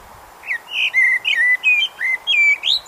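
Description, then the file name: Common blackbird song: a run of mellow, fluted warbling notes that slide up and down, ending in a short rising squeak. "Turdus merula"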